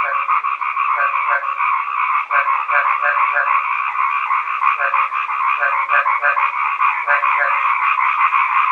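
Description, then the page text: Chinese edible frog chorus, a steady throbbing mass of croaks overlaid by groups of two or three deeper, short pulsed notes. "虎皮蛙叫声 风潮唱片"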